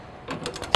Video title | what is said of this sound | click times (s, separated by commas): FlexKraft Removal and Replacement of a Module | you hear that click so | 0.7 s